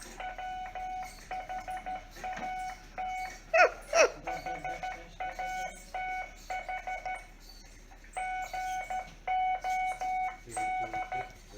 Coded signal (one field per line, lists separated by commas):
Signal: Morse code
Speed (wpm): 13 wpm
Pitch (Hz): 740 Hz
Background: none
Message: WHAT E HATH GOD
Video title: Rayappa's Interview with Paul, Stromatolites, Telegraph Station, Jan 10, 2020